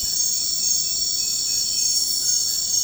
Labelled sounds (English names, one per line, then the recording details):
none
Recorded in dense forest near Puerto Asís, Putumayo, Colombia, on 20 February 2024 at 03:00
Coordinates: 0.472, -76.329
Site G6394